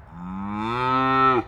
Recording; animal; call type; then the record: contact call of a hoofed animal; cattle; low-frequency (closed-mouth) or high-frequency (open-mouth) call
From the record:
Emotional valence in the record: negative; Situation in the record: full separation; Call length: 1.47 s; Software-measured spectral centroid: 1400 Hz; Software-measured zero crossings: 1520 a second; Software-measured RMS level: -23 dBFS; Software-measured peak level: -9 dBFS